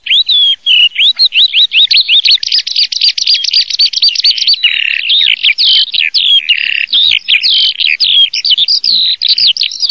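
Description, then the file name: Eurasian skylark song: an unbroken, rapid, high warbling stream of trilled and chirping notes that runs through the whole stretch, with no other clear sounds. "allodolafausto"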